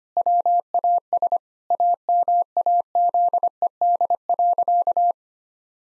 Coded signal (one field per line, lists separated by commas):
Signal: Morse code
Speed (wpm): 25 wpm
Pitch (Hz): 700 Hz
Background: none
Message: WAS AMAZED.